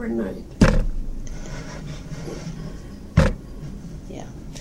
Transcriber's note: bangs table